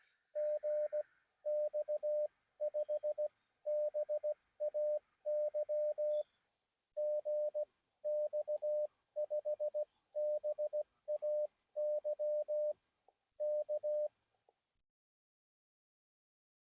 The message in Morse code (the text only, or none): GX5BAY GX5BAY K